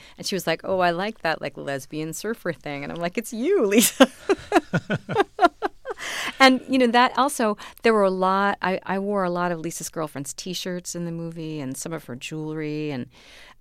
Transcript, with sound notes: And she was like oh, I like that like lesbian surfer thing. And I'm like it's you, Lisa.
(LAUGHTER)
And, you know, that also there were a lot, I wore a lot of Lisa's girlfriends T-shirts in the movie and some of her jewelry.